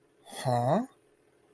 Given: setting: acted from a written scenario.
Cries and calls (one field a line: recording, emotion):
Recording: vocal sound without words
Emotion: confusion